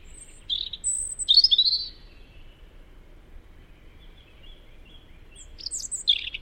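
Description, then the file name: European robin song with a thin high note and twittering warble near the start, a pause, then a brief phrase of high, jumbled notes. "Tomas Belka - Zaryanka Erithacus rubecula"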